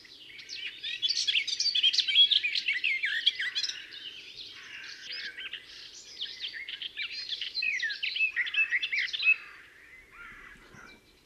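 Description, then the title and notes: Garden warbler warbling song, fast and melodious phrases pouring out for about nine seconds, then going quiet before a sharp sound at the end. Described as discreet in plumage but a wonderful singer. "La Fauvette des jardins (Sylvia borin). Oiseau discret de plumage mais merveilleux chanteur."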